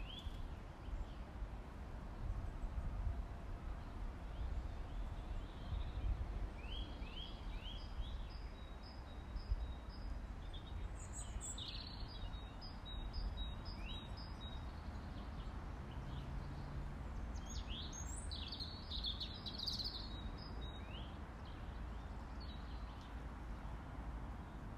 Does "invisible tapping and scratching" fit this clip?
no